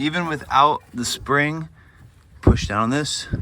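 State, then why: Not seated. Someone talks while handling the newly fitted parking brake pedal, without its spring, on a classic Bronco, beginning to push it down. A brief knock sounds near 2.5 seconds, but the clip ends before the ratchet clicks, so nothing has seated or clicked yet.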